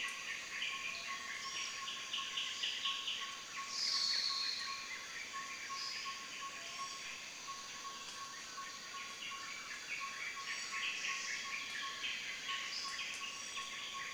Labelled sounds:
Black-headed Paradise-flycatcher (Terpsiphone rufiventer)
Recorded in Kibale, Uganda

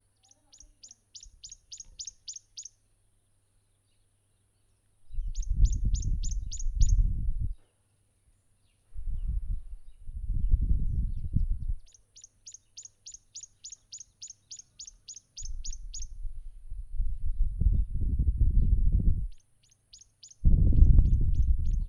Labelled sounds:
Tawny-flanked Prinia (Prinia subflava)
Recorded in northern Uganda

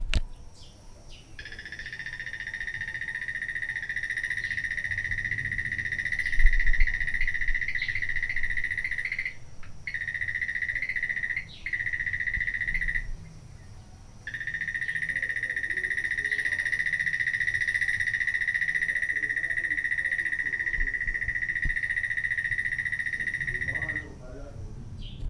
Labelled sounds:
Crested Barbet (Trachyphonus vaillantii)
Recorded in Lake Mburo, Uganda

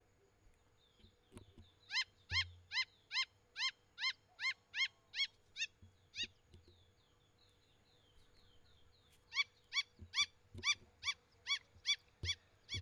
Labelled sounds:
Wattled Lapwing (Vanellus senegallus)
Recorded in northern Uganda

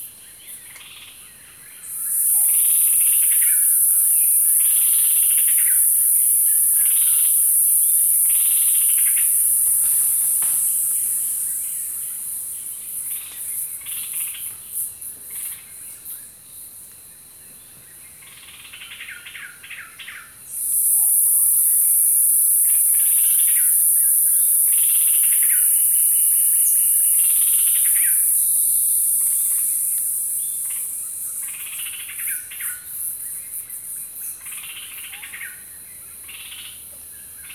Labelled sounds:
Toro Olive-greenbul (Phyllastrephus hypochloris)
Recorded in Kibale, Uganda

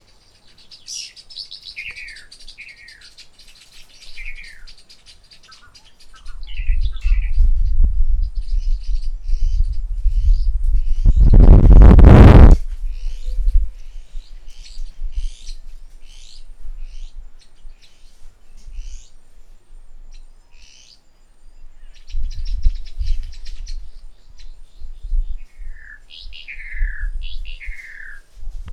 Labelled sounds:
White Helmetshrike (Prionops plumatus)
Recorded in northern Uganda

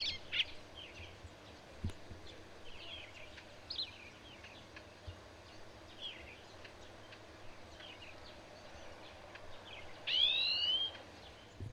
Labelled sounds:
Violet-backed Starling (Cinnyricinclus leucogaster)
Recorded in northern Uganda

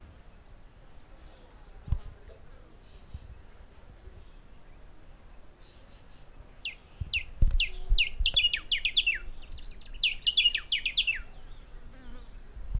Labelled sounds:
Moustached Grass-warbler (Melocichla mentalis)
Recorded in northern Uganda

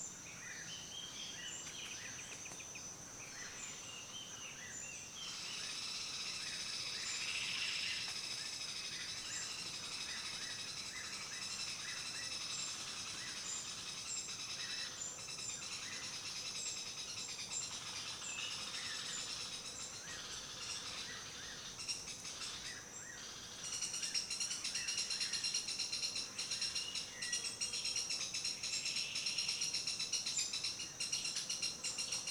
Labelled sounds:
Golden-crowned Woodpecker (Chloropicus xantholophus)
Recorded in Kibale, Uganda

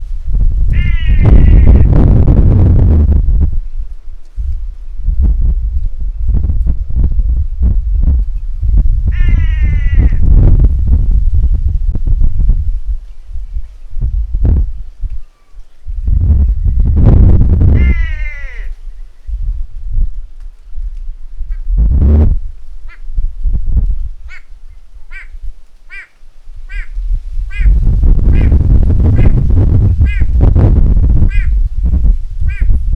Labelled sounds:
White-bellied Go-away-bird (Corythaixoides leucogaster)
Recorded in northern Uganda

